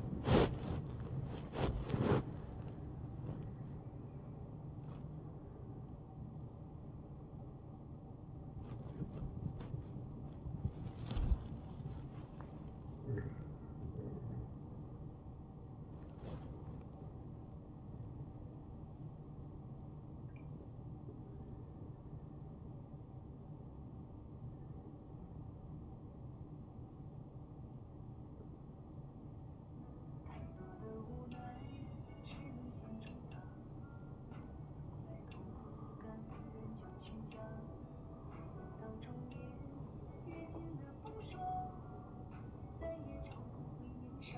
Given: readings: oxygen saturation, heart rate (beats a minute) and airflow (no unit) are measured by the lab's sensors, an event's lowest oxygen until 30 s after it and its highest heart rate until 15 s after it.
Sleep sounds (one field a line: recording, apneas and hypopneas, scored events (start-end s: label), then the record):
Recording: a person awake in a sleep study, by a smartphone at the bedside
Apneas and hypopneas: none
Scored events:
0.00-44.38 s: awake
0.00-44.38 s: awake
From the record:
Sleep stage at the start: awake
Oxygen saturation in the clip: 92 to 94%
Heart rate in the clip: 66 to 84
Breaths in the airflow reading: 12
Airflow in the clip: -8.4 to 9.9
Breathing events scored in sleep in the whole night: 263 in 5.5 hours asleep